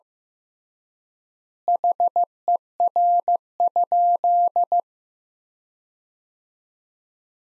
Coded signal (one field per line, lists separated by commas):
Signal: Morse code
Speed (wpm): 15 wpm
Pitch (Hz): 700 Hz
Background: none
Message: HER?